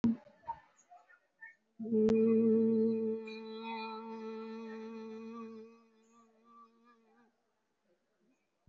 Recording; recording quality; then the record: sustained vowel as in boot; moderate, slight background noise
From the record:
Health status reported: COVID-19 positive, moderate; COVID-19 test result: positive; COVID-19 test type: RT-PCR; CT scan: taken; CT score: 3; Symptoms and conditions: cough, cold, breathing difficulty, sore throat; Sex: female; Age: 75 years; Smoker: no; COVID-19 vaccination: none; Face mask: worn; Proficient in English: no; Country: India